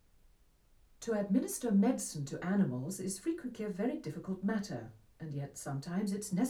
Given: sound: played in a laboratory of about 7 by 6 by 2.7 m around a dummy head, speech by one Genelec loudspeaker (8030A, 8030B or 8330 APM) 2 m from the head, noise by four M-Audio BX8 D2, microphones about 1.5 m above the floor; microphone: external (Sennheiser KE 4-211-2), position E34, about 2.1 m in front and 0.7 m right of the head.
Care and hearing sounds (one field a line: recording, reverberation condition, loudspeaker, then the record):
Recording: female speech in English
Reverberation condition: low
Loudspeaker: 120 degrees to the right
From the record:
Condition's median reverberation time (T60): about 310 ms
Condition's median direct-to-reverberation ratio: about 3.5 dB